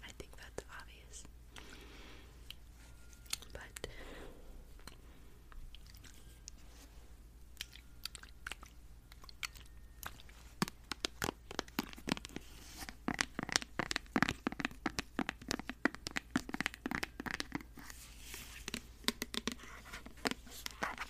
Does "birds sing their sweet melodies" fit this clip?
no